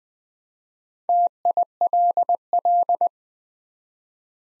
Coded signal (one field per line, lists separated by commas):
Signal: Morse code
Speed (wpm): 20 wpm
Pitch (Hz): 700 Hz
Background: none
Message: TILL